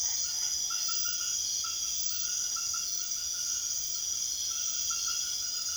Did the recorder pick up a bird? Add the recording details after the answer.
no. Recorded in secondary vegetation near Puerto Asís, Putumayo, Colombia, on 22 June 2025 at 22:00. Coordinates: 0.500, -76.326. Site GP08